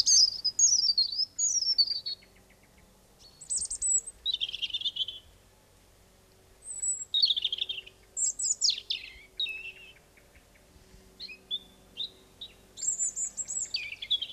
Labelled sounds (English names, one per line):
European Robin song